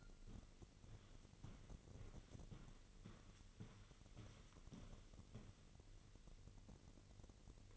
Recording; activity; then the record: daily activity, microphone in the room; walk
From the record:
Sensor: 4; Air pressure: 1002.5 hPa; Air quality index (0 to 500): 218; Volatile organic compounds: 12 ppm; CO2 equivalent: 2361 ppm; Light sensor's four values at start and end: 21/72/26/26 and 21/71/26/26